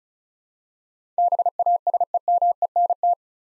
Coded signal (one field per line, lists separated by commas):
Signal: Morse code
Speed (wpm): 36 wpm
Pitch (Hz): 700 Hz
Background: none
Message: BASEMENT